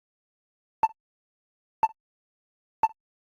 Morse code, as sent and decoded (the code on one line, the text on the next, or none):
none